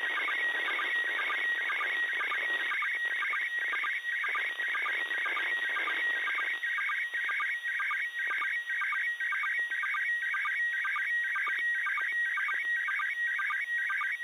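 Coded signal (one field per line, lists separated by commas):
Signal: SSTV (slow-scan television)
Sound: warbling, chirpy tone jumping quickly in pitch, with a steady rhythmic tick twice a second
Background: radio static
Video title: Pase ISS SSTV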